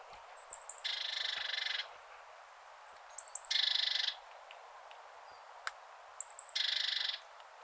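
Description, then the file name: Great tit churring calls: two thin high notes followed by a harsh, buzzy rattle, repeated three times about every three seconds, with a single sharp click between. "Parus major"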